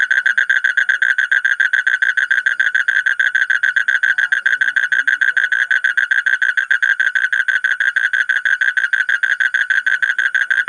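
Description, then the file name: Asian common toad giving an unbroken, rapid pulsed trill at a steady level. "suara kodok bangkong kolong kodok buduk"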